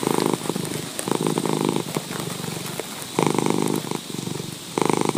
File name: Cat Purring